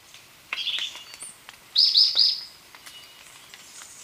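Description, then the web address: Orange-bellied euphonia song: a short burred chatter, then a rapid run of three buzzy high notes, with faint clicks between. Ecuador. "Natures Songs S America Birds of Ecuador Orange-bellied Euphonia"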